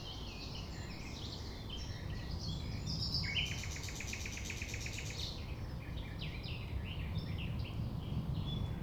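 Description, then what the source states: Common nightingale song with a dry, rapid rattling burst in the middle, surrounded by varied chirps and a constant low rumble. Recorded at 6 a.m. at sunrise near the Thève, Champ de Ménage; the nightingale sings without waiting for silence.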